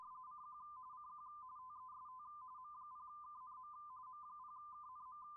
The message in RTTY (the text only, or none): CQ CQ TEST M0KNM M0KNM